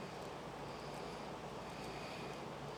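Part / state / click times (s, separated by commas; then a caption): cable connector into socket on laser engraver / not seated / none. A cable connector is handled as it goes toward its socket on an XTool D1 Pro 20 watt laser engraver, with a steady broadband hiss and low rumble throughout and no distinct transients. Nothing has seated or clicked yet; the clip ends before the connector goes home.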